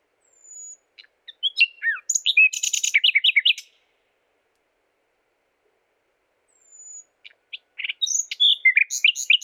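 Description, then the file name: Common nightingale song: a thin high whistle leads into rich, rapid chattering notes, a long pause, then another phrase beginning with the same high whistle. "Luscinia megarhynchos"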